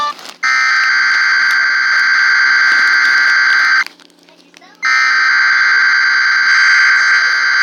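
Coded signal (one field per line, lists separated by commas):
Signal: Emergency Alert System (SAME) tones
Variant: header bursts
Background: speech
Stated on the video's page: Required Weekly Test heard on PBS Kids, screen-recorded with DU Recorder.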